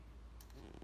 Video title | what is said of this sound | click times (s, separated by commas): Changer la garniture d'une pompe | Voilà, clic, vous avez entendu? | 0.4 s